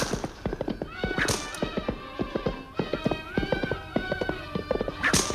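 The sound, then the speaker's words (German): Rapid, uneven hoofbeats clip-clop in a steady galloping rhythm as ridden donkeys run along the left bank of the Nile, past the Colossi of Memnon, with a few sharp high-pitched brays or whinnies cutting in now and then. “Im gedämpften Eselsgalopp ritten wir am linken Nilufer entlang, vorbei an den berühmten Memnonsäulen und den ebenso berühmten Tempeln von Medinet, Habu und der El-Bahri.”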